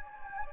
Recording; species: mosquito wingbeat signal from an infrared sensor; Anopheles gambiae